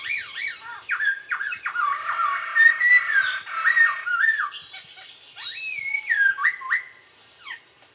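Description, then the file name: Laughingthrush singing a continuous, varied whistled song of slurred rising and falling notes mixed with short squeaky phrases, fading out near the end. "suara pokcay punggung merah"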